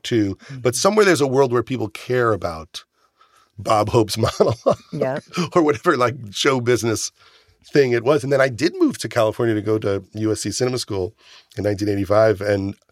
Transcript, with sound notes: But somewhere, there's a world where people care about Bob Hope's monologue (laughter)...
Yeah.
...Or whatever, like, show business thing it was. And then I did move to California to go to USC's cinema school in 1985,